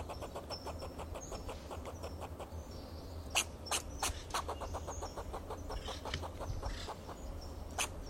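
Fox squirrel calling in a long series of quick clucks and sharp clicks over a low constant hum.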